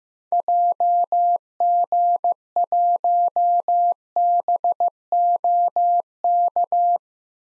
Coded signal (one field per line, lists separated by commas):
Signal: Morse code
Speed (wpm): 15 wpm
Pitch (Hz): 700 Hz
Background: none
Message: JG1BOK